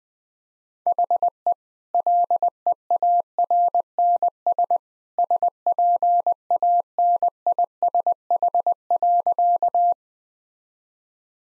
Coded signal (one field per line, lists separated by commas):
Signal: Morse code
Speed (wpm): 20 wpm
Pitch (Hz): 700 Hz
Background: none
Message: HE LEARNS SPANISH.